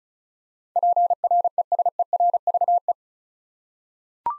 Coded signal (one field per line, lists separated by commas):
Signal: Morse code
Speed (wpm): 34 wpm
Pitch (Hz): 700 Hz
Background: none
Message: PRESERVE